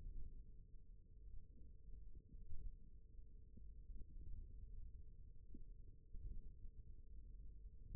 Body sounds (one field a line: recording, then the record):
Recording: forearm muscle sounds (acoustic myography)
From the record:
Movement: thumb flexion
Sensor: system 1, eight BSWA MPA416 microphones around the upper forearm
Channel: 4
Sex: male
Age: 28 years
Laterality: right